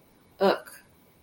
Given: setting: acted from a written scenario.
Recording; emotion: vocal sound without words; disgust